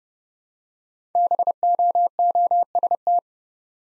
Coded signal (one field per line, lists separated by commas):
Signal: Morse code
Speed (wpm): 28 wpm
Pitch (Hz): 700 Hz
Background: none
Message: BOOST